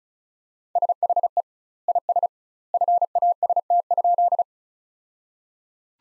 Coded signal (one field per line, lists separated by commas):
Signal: Morse code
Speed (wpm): 34 wpm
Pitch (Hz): 700 Hz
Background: none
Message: SHE IS FAST?